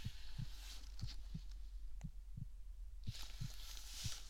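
Regular lub-dub heartbeat through a stethoscope, about 60 beats a minute, with faint rustle in the background.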